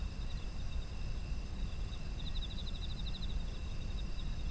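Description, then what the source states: Insects heard as steady thin ringing plus one rapid pulsed trill about a second long midway, with continuous low rumble behind. Autumn insects, ambient environmental sound.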